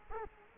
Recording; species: mosquito wingbeat signal from an infrared sensor; Culex quinquefasciatus